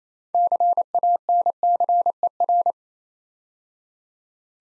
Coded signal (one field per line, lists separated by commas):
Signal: Morse code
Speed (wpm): 29 wpm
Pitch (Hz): 700 Hz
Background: none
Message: CANCER